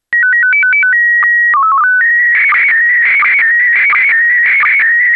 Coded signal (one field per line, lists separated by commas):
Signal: SSTV (slow-scan television)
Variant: PD 90